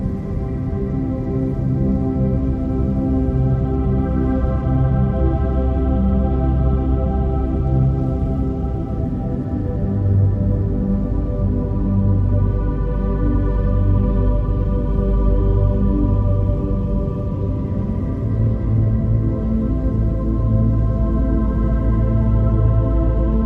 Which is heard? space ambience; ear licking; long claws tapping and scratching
space ambience